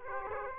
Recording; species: mosquito wingbeat signal from an infrared sensor; Aedes aegypti